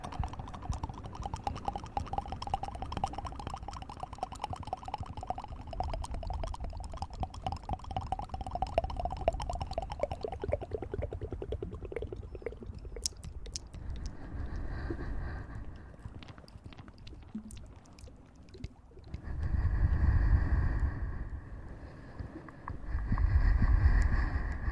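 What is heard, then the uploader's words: Ear massage and mouth sounds, with dense rubbing and crackling at a steady, busy rate for the first ten seconds. The texture then thins to scattered clicks and soft scratches, and two heavier muffled rubbing swells arrive near twenty seconds and at the end. Ear massage & Mouth sounds.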